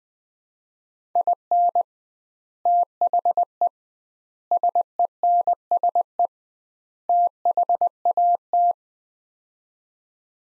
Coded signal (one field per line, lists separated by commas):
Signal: Morse code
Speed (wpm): 20 wpm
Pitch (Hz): 700 Hz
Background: none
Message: IN THE SENSE THAT